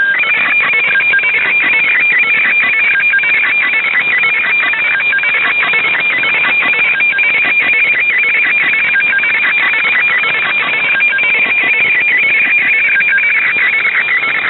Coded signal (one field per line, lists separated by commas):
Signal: weather fax (radiofax)